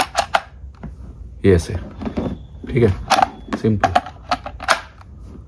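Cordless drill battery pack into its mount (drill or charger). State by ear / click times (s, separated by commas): seated / 4.3 s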